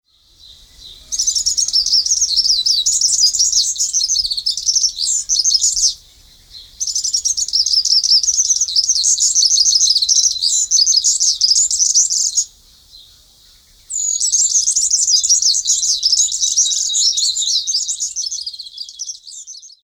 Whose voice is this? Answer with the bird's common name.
European Serin